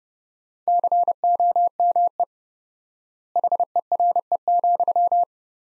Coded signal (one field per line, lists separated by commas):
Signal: Morse code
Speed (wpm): 30 wpm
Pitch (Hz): 700 Hz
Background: none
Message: COME HERE,